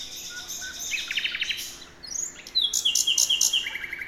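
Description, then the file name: Common nightingale song with a soft opening, a fast stuttering rattle, a short pause, then loud repeated notes delivered in a quick even series. "Luscinia megarhynchos"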